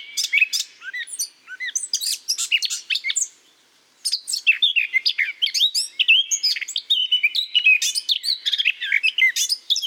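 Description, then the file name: Eurasian blackcap singing a dense, jumbled warble of quick chirps and twittering notes, broken by a short silence near the four-second mark. "Sylvia atricapilla"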